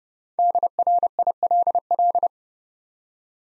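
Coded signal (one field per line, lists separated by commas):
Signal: Morse code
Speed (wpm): 30 wpm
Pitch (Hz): 700 Hz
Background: none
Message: DRILL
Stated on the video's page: Morse practice set of easy words with contextual hints, sent at 30 wpm.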